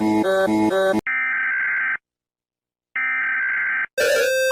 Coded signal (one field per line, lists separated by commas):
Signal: Emergency Alert System (SAME) tones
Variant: header bursts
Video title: You Hear Eas Alarm - Mr Incredible Becoming Uncanny